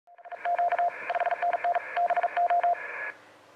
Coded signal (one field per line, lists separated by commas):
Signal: Morse code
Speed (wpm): 40 wpm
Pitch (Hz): 700 Hz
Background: radio noise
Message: Q 5NN BO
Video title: 2019-01-19 20:15 7028 kHz A1B HA9A